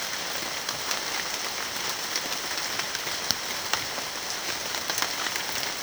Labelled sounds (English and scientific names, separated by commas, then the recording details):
none
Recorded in secondary vegetation near Puerto Asís, Putumayo, Colombia, on 29 June 2025 at 13:30
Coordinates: 0.499, -76.323
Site G077